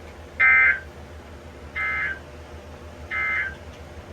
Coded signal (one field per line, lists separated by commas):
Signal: Emergency Alert System (SAME) tones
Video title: Floods And Storms! (EAS 255-284)